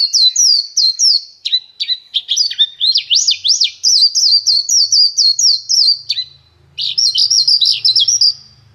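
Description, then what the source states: Horsfield's bush lark singing a fast, varied run of high chirps, slurred zigzag notes and trills, pausing briefly before resuming. Vietnam-type song style.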